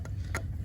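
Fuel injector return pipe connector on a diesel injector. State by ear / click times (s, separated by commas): seated / 0.4 s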